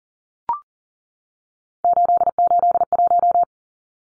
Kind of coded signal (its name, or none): Morse code